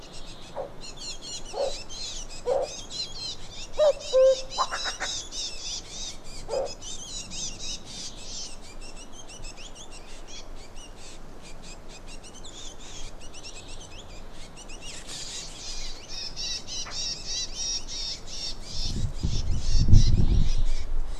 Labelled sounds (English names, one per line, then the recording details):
Willow Warbler
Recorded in the wild
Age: adult
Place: Halbinsel Kindo, Karelien, RU
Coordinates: 66.5364, 33.0625
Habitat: taiga
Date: 1994-06-23 16:15
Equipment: Sony TCD-D3, Sennheiser ME 80, K 30 AV (I), Windschutz
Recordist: Frommolt, Karl-Heinz